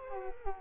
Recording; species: mosquito wingbeat signal from an infrared sensor; Culex quinquefasciatus